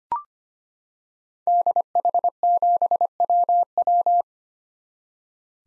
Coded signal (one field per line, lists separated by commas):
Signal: Morse code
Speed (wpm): 25 wpm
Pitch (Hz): 700 Hz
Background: none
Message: DH7WW